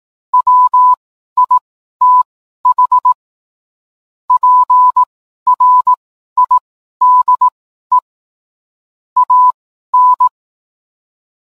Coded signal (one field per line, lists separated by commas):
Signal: Morse code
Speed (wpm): 18 wpm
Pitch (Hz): 1000 Hz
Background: none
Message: WITH PRIDE AN